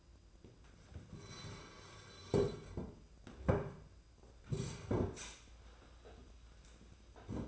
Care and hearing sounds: daily activity, microphone in the room; sit down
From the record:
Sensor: 2

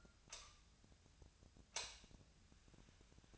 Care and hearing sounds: daily activity, microphone in the room; light on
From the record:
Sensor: 2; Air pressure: 1009.7 hPa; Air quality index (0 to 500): 182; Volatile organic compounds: 11 ppm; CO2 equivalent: 2270 ppm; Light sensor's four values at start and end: 28/68/30/33 and 33/85/36/39

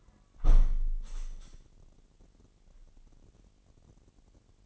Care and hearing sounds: daily activity, microphone in the room; close window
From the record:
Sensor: 4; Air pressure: 998.8 hPa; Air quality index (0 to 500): 122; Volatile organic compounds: 2 ppm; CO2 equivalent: 1205 ppm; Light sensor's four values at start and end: 9/21/8/9 and 9/21/8/9

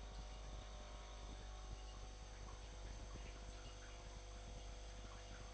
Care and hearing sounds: daily activity, microphone in the room; make coffee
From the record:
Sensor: 5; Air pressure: 1007.4 hPa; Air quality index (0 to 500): 119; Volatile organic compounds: 1 ppm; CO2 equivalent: 913 ppm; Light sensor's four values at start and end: 29/69/28/30 and 29/68/28/30

